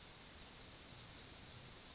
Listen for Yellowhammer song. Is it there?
yes